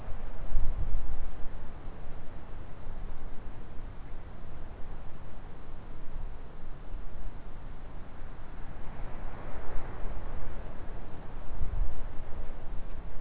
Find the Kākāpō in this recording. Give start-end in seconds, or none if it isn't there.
none